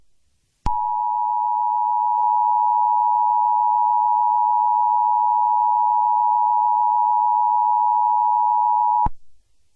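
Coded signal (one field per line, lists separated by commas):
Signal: Emergency Alert System (SAME) tones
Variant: 853 and 960 Hz attention tone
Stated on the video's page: Fictional EAS scenario remake, a simulated cyberterror alert.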